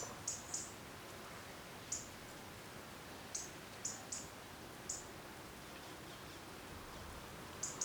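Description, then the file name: European robin calls: brief, very high, thin tsip notes, often paired, repeated irregularly throughout over a steady hiss of background noise. "Erithacus rubecula"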